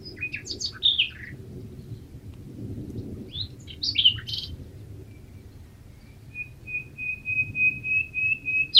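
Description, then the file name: Common nightingale song: short whistled and chattering phrases, then a long series of steady repeated piping whistles. "Luscinia megarhynchos"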